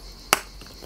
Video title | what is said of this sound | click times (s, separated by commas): Construisez la Lotus Renault 97T d'Ayrton Senna 1/8 @SpotTVAltaya 67/71 | normalement ça doit venir se clipser | 0.3 s